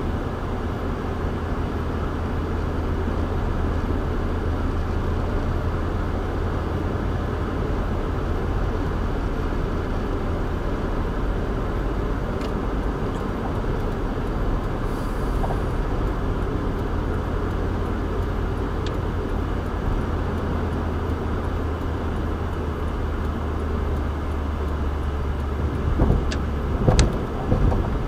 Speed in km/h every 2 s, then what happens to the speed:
101, 101, 101, 106, 106, 108, 108, 108, 106, 105, 100, 92, 89, 85.
0-15 steady at about 106. 15-28 slows to 85.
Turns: none.